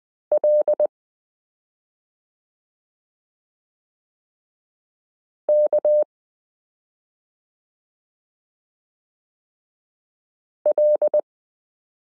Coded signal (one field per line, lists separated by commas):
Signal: Morse code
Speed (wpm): 20 wpm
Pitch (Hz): 600 Hz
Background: none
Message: L K L